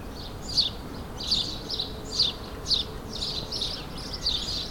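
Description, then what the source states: A sparrow gives repeated sharp chirps over quiet background hiss. Several sparrows in a suburban setting, ambient sound, May 2022.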